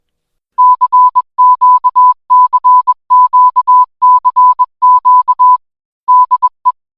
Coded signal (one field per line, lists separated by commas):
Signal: Morse code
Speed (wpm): 21 wpm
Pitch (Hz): 1000 Hz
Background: none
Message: CQCQCQ DE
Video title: AB4WS RADIO SHOW Week of May 10, 2024